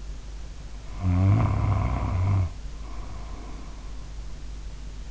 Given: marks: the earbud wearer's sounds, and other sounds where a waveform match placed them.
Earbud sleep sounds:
sounds in sleep by an in-ear microphone; snoring breath
0.85-4.21 s: snoring breath

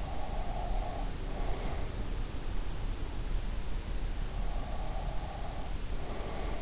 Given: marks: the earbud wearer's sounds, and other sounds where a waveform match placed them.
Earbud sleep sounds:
sounds in sleep by an in-ear microphone; breath
0.07-1.90 s: breath
4.50-6.62 s: breath

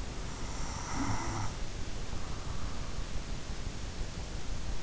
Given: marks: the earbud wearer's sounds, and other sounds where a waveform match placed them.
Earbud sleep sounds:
sounds in sleep by an in-ear microphone; snoring breath
0.33-3.31 s: snoring breath

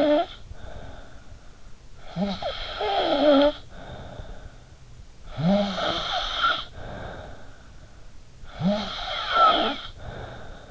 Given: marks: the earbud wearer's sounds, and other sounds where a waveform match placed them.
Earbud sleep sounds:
sounds in sleep by an in-ear microphone; snoring breath
0.00-10.71 s: snoring breath

